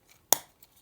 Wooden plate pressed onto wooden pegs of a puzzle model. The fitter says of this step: There we go. Nice clicks. Yes.